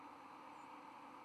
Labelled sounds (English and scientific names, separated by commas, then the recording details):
White-throated Sparrow (Zonotrichia albicollis) flight call
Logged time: 00:02 on 24 November 2014